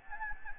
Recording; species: mosquito wingbeat signal from an infrared sensor; Anopheles gambiae